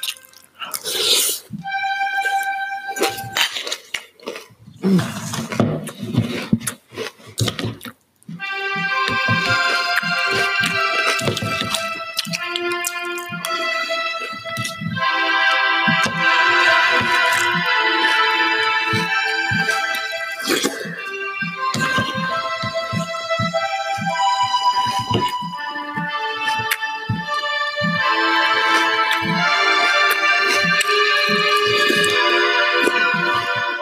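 Cereal eating: crisp crunching and clicking bites fill the first eight seconds. After that, a steady run of tonal, melodic sounds takes over and stays loud to the end, with crunches and clicks still cutting through at a fairly quick, uneven pace.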